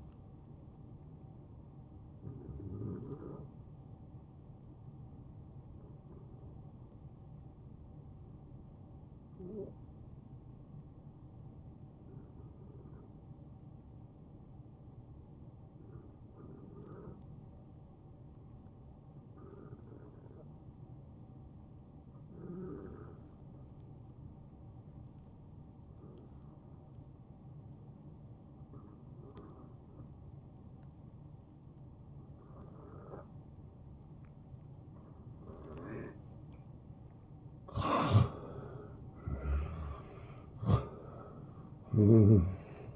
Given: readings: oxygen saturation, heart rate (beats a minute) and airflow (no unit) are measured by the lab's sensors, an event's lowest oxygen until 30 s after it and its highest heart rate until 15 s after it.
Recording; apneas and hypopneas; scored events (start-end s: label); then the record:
breathing in sleep by a smartphone at the bedside; 1
7.00-37.60 s: hypopnea (N1, oxygen 95% highest, then 87% lowest, heart rate 64 at the start, 76 highest)
From the record:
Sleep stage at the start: N1 (lightest sleep); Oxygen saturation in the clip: 90 to 95%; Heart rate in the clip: 62 to 77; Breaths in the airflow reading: 14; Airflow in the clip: -11.0 to 6.2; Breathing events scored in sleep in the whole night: 263 in 5.5 hours asleep